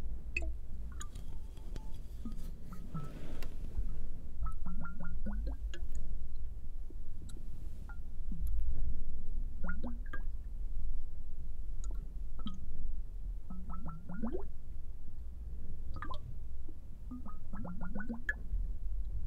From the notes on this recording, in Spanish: gotas cayendo, pulverizadores de agua